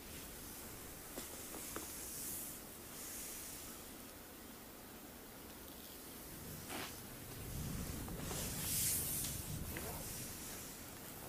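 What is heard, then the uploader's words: Soft, steady rubbing and brushing against fabric or skin, with brief swishes near two, seven and nine seconds over a low, muffled rumble. ASMR Full Body Sport Massage by Olga.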